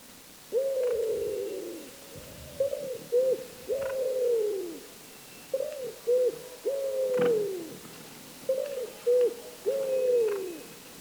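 Bird calling: a series of low, hoarse cooing notes, an opening drawn-out falling coo, then three phrases of two short coos followed by a long falling coo.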